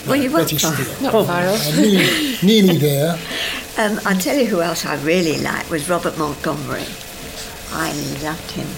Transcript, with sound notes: Well you weren't far--
Betty Field!
Not far off. [laughs]
Nearly there.
Erm, I tell you who else I really liked was Robert Montgomery. I loved him.